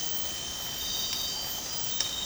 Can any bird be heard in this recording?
no